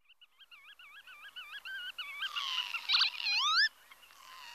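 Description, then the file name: Northern lapwing calling: a quick run of wavering, warbled notes, then louder drawn-out wheezy whistles rising at the end, with a brief rough burst midway. "Tofsvipa"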